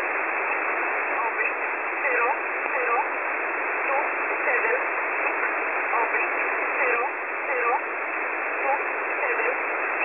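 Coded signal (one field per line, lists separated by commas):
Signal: numbers station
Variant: E11 Oblique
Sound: faint spoken words at regular intervals buried in loud hissing shortwave static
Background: radio static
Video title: E11 Oblique 22/06/2023 0930 UTC 6923kHz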